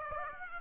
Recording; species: mosquito wingbeat signal from an infrared sensor; Aedes aegypti